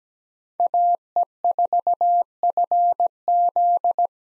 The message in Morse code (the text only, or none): AE4FZ